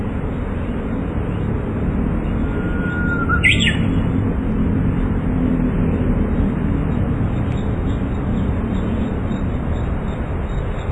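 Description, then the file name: Japanese bush warbler song, a thin held whistle followed by a short bright flourish, partly masked by constant low rumbling noise. "uguisu"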